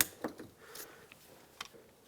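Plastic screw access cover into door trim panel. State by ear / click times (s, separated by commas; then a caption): seated / 0.0 s. A small plastic access cover on the door trim panel of a 2001-2007 Toyota Highlander is closed over the screw, snapping shut with a loud, sharp click at 0.0 s. A few fainter ticks follow at about 0.2, 0.4, 1.1 and 1.6 seconds, and the cover is seated.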